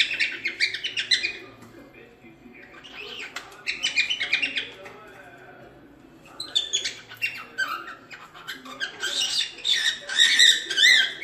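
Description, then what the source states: Cockatiels giving squeaky, scratchy chatter in bursts separated by quieter stretches. Several cockatiels, whistling.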